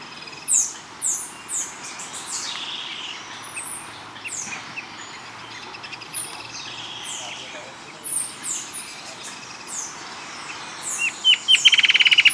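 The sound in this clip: Bird calls: many high, sweeping chirps from several birds, with a rapid rattling trill near the end over a steady background hiss.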